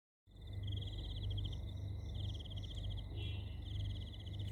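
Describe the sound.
Cricket giving fast pulsed high trills in repeated bursts, starting after a brief silence, with a continuous low hum and steady tone underneath.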